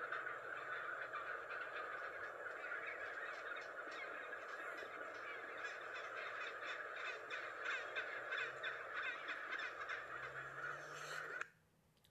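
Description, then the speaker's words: Chinstrap Penguin calls, dense harsh, braying and rapidly pulsed notes, continuous until an abrupt cut near the end. Antarctic penguin. "Por ejemplo, el pingüino barbijo, que es un pingüino antártico, tiene este sonido."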